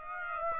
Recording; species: mosquito wingbeat signal from an infrared sensor; Aedes aegypti